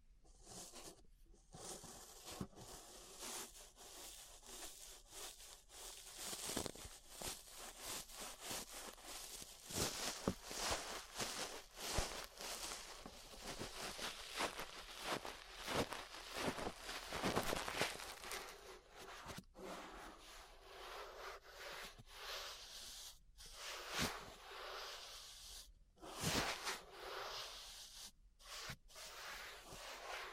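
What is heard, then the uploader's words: Ear brushing: a steady, dense run of soft bristle strokes and scratchy rubbing fills the clip, with quick bright swishes following one another irregularly. A few brief silent gaps break it near the start and again after about 19 seconds. ASMR Relaxing 3Dio Ear Brushing (No Talking).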